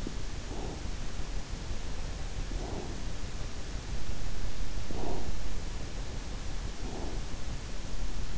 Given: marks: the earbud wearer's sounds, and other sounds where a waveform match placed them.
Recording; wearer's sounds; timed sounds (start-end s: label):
sounds in sleep by an in-ear microphone; breath
0.02-1.25 s: breath
2.48-3.19 s: breath
4.74-5.39 s: breath
6.61-7.33 s: breath